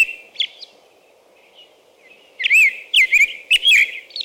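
American robin singing: faint early notes, then from midway a burst of loud rising-and-falling whistled phrases with high shrill overtones, a low hum beneath.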